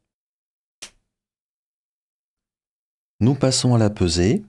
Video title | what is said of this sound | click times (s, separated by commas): Stylo-plume Waterman Edson Blue : présentation, essai et avis | Et comment ne pas adorer le petit clap quand on remet le capuchon en place ? | 0.8 s